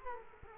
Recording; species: mosquito wingbeat signal from an infrared sensor; Culex quinquefasciatus